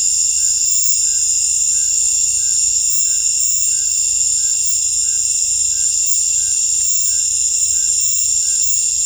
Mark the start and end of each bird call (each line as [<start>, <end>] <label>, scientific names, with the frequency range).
[0.35, 0.65] Ramphastos tucanus (1.2-1.9 kHz)
[0.97, 1.32] Ramphastos tucanus (1.2-2.1 kHz)
[1.72, 2.10] Ramphastos tucanus (1.3-2.0 kHz)
[2.37, 2.69] Ramphastos tucanus (1.3-2.1 kHz)
[3.04, 3.38] Ramphastos tucanus (1.1-2.1 kHz)
[3.70, 4.00] Ramphastos tucanus (1.2-2.0 kHz)
[4.38, 4.66] Ramphastos tucanus (1.2-2.0 kHz)
[5.04, 5.24] Ramphastos tucanus (1.1-1.8 kHz)
[5.64, 5.96] Ramphastos tucanus (0.9-2.1 kHz)
[6.35, 6.57] Ramphastos tucanus (1.3-2.1 kHz)
[7.00, 7.25] Ramphastos tucanus (1.1-2.1 kHz)
[7.73, 7.96] Ramphastos tucanus (1.3-1.9 kHz)
[8.41, 8.67] Ramphastos tucanus (1.2-2.2 kHz)